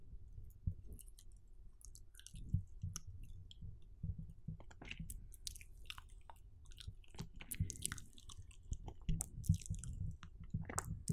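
Wet mouth sounds, with continual chewing and squishing, sharp clicks and smacks scattered throughout over a low, thick rumble.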